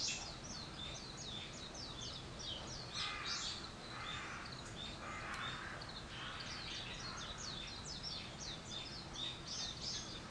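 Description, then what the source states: Birds calling: dense, constant high twittering from several birds, with a few harsh, rasping calls mixed in through the middle and steady background noise. Wild birds; 21 April 2023.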